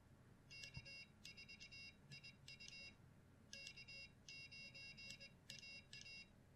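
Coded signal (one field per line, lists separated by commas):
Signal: Morse code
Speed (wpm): 21 wpm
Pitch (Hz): 2200 Hz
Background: none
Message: K4IU K9AA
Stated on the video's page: CW practice with Iambic Master software and a WinKeyer USB external keyer.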